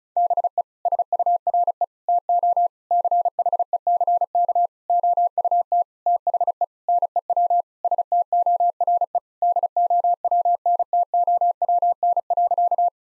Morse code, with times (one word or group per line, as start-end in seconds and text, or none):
0.2-0.6 BE
0.9-1.8 SURE
2.1-2.7 TO
2.9-4.7 CHECK
4.9-5.8 OUT
6.1-6.6 THE
6.9-7.6 NEW
7.8-9.2 STORE
9.4-12.9 DOWNTOWN.